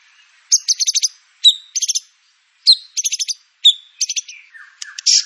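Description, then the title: White-rumped shama song in short bursts, each a high whistled note followed by a rapid rattling trill, repeated about four times. Lure (pancingan) song of white-rumped shama with full filler (isian) material; training material. "PANCINGAN MURAI BATU. MURAI BATU FULL MATERI ISIAN"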